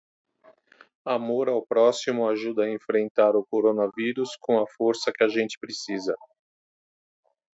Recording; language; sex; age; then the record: spoken sentence; Brazilian Portuguese; male; 50 to 59 years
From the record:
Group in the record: control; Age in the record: 53 years